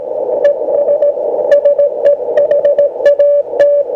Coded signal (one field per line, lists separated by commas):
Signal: Morse code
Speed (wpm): 17 wpm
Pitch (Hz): 580 Hz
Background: none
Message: ES SEHAT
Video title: Beginilah kondisi iambic Paddle Key morse setelah 4 bulan pemakaian